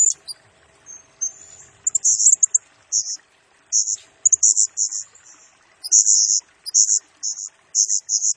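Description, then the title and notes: Blue-crowned hanging parrot calling in rapid high-pitched squeaky bursts, sparse at first, then a steady stream of repeated shrill notes through the second half. Serindit singing vigorously (gacor) in rapid nembak style; pemikat lure and nasteran tutor recording for training birds, said to stir up all birds. "Burung Serindit Nembak Gacor Bikin Emosi Semua Burung. Suara Nasteran Dan Pemikat Burung Serinditan Gacor"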